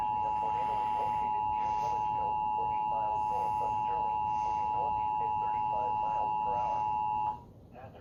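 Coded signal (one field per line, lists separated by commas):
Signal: Emergency Alert System (SAME) tones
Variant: 853 and 960 Hz attention tone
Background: speech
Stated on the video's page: Tornado warning alert received on television.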